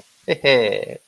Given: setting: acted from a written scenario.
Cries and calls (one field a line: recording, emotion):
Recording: vocal sound without words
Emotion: pride